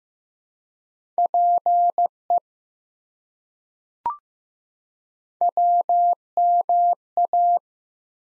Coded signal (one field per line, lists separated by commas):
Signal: Morse code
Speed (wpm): 15 wpm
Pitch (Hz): 700 Hz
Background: none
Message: PE WMA